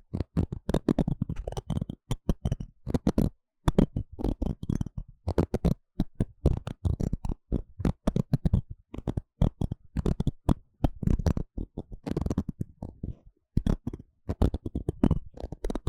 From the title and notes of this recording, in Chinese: 刺痛的鼓膜摳摳與敲打。Intense & Deep Sound NT5 Mic Scratching & Tapping | NoTalking。